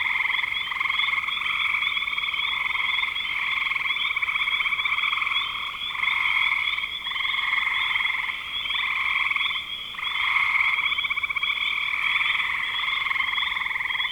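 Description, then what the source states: Frogs calling in a dense chorus, overlapping pulsed trills that swell and dip. Recorded in spring 2025.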